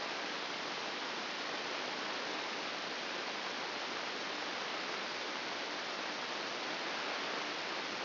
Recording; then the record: brain microelectrode recording played as sound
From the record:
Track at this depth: inside the subthalamic nucleus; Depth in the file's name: 5.661 mm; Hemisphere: left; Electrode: 2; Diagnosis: Parkinson's disease